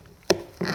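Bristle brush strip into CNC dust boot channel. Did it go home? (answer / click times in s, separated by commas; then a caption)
yes / 0.3 s. A bristle brush strip is worked around and pushed into the channel of a plastic PwnCNC Dust Boot v4 for a CNC. It snaps into place with a sharp, bright click at 0.3 s, followed by a softer, longer rustling burst around 0.6 s. The strip is seated in the boot.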